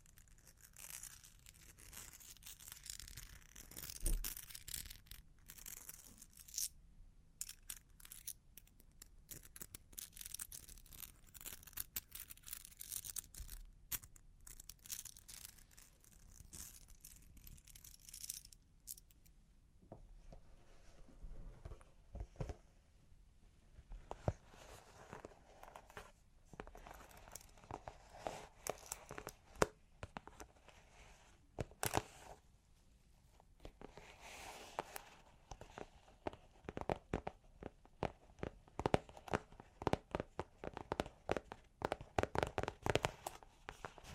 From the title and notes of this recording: Long Claws Tapping and Scratching (No Talking).